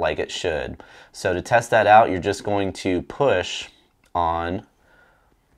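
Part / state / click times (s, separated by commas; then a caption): spring-loaded drag clicker piece in a spinning reel spool / not seated / none. Someone talks while handling the small spring-loaded metal drag clicker piece inside a spinning reel spool, about to push on it to test whether it snaps back into place. Only speech is heard, and nothing has clicked or seated yet.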